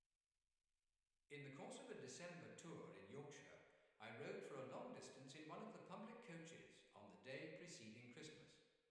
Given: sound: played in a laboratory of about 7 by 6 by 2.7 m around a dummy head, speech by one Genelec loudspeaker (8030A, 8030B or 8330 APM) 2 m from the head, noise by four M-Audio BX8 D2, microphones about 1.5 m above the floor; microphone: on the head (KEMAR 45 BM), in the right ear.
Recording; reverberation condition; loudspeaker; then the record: male speech in English; high; 90 degrees to the right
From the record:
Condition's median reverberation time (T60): about 1300 ms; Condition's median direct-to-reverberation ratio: about -4.0 dB